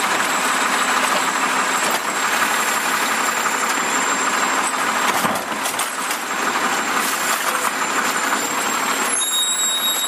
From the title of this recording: Garbage Trucks